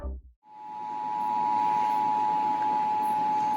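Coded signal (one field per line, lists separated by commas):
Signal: Emergency Alert System (SAME) tones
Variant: 853 and 960 Hz attention tone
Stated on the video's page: Statewide AMBER alert received from a TV station and two FM radio stations; weather radios did not activate.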